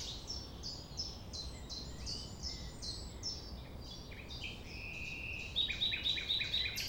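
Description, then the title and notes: Common nightingale song: repeated short falling notes that give way to a sustained whistle and sharp, rapid chips near the end, over a faint steady background hiss. Recorded at 6 a.m. at sunrise near the Thève river; the nightingale sings without waiting for silence. "6 A.M. Lever du soleil non loin de la Thève au Champ de Ménage. Le rossignol n'attend pas le silence."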